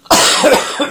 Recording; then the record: coughing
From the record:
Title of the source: Spring Allergy Coughing